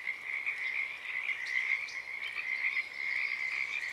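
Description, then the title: Pacific tree frog chorus, a thick layer of overlapping raspy croaks, swelling and easing slightly, with faint higher chirps scattered above. Wild chorus starting and stopping, recorded in the morning of Friday 7 April 2023 at a wildlife refuge in Portland, Oregon, USA; chorus uncommon at that time of day. "Oaks Bottom Frogs"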